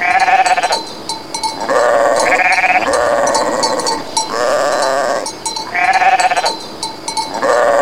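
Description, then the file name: Goats bleating: loud, wavering, nasal bleats in quick succession, with faint high ticking in the background. "kozi"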